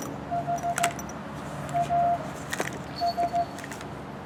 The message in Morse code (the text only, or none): HAS